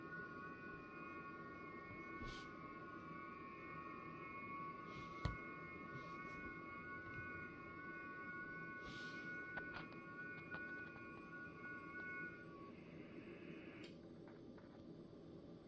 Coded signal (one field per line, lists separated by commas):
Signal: FT8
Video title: HAPPY THANKSGIVING....FT8 TURKEY DAY